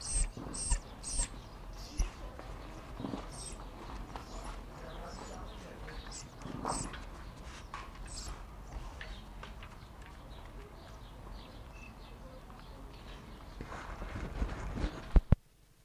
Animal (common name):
African Wild Dog